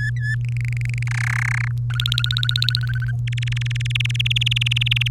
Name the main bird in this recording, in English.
Domestic Canary